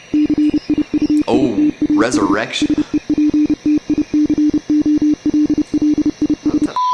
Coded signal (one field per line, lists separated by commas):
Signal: Morse code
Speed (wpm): 30 wpm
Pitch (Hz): 300 Hz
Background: speech, radio noise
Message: CIUITAS SEPTICOLLIS